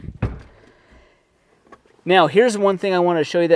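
Pulling the release loop on the fold-down middle seat of a 2024 GMC Sierra 1500 Elevation 4x4's front bench unlatches the seat with a loud clunk at 0.2 s as it comes down, followed by a faint rattle and a small tick near 1.7 s. From about 2.1 s someone talks. The middle seat latch is released.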